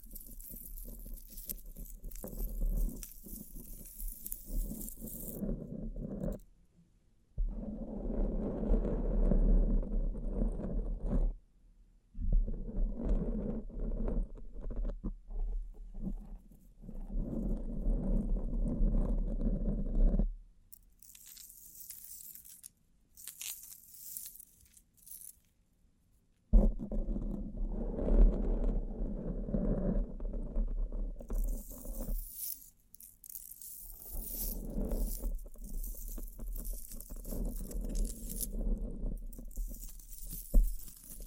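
Bling bling triggers come in long stretches of dense, rough scraping and rubbing, mostly low and full, broken by short silent pauses. Around the middle and again near the end, thin bright crinkly sounds take over briefly.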